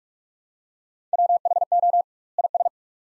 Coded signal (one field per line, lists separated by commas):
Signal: Morse code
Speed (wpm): 42 wpm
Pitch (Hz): 700 Hz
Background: none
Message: WHO IS